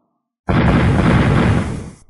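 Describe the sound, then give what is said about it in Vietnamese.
A sudden, heavy, deep, muffled explosive blast erupts out of silence, one of five in quick succession as the heads of giant puppets crack open, its roar rolling on for about a second and a half before tapering off. “5 tiếng nổ trầm đục vang lên liên tiếp, 5 cái đầu khôi lỗi kể cả con thủ lĩnh cao lớn nhất đồng loạt nứt toát ra, động tác của chúng lập tức đình trệ.”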